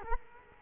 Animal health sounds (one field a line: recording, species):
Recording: mosquito wingbeat signal from an infrared sensor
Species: Culex quinquefasciatus